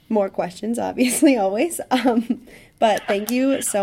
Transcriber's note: laughs